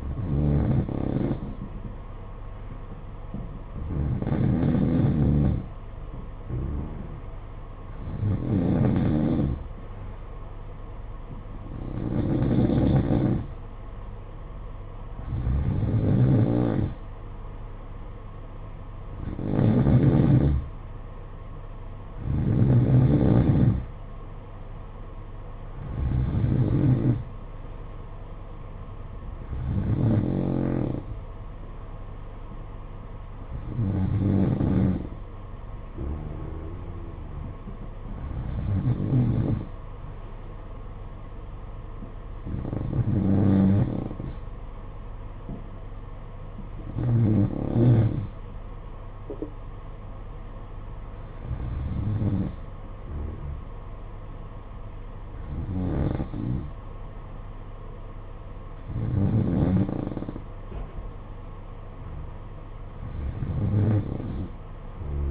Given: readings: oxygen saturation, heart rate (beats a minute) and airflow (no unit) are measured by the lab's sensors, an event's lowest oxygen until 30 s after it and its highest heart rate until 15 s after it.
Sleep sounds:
breathing in sleep by a smartphone at the bedside; none
none scored
From the record:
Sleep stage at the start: N2 (light sleep); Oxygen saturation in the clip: 92 to 93%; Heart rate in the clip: 51 to 62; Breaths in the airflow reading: 17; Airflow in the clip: -9.8 to 6.6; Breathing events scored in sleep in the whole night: 476 in 9.7 hours asleep

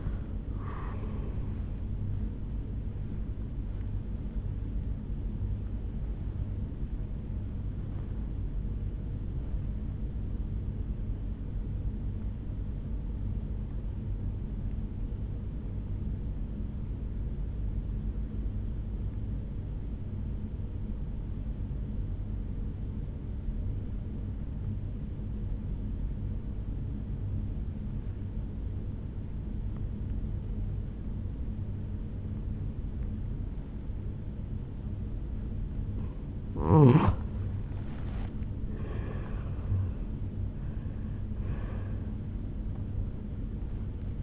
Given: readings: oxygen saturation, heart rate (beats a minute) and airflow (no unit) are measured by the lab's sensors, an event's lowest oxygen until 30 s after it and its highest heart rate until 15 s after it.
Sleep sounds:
breathing in sleep by a smartphone at the bedside; 1
12.00-35.60 s: obstructive apnea (N1, oxygen 96% highest, then 85% lowest, heart rate 58 at the start, 78 highest)
From the record:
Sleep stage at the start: N1 (lightest sleep); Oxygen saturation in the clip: 86 to 96%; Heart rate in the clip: 56 to 78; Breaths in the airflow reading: 5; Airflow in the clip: -10.4 to 8.3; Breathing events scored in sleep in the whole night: 449 in 7.0 hours asleep

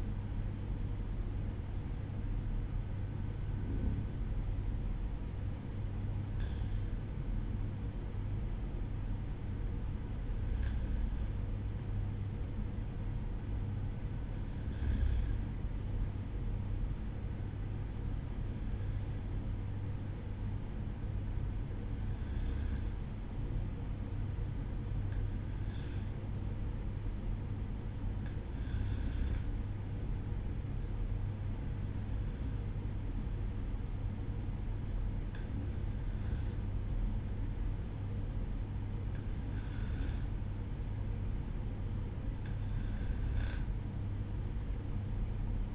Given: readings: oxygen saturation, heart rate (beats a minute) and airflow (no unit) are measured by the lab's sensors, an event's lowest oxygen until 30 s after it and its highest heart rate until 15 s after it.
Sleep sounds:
breathing in sleep by a smartphone at the bedside; none
0.00-13.00 s: awake
11.00-45.75 s: new sleep stage, N1 (lightest sleep)
From the record:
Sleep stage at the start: awake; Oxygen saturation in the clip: 94 to 95%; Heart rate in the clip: 61 to 64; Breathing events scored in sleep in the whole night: 305 in 9.6 hours asleep

